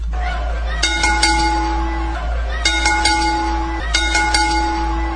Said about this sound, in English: Yes, that's one too many ring bells, probably too much.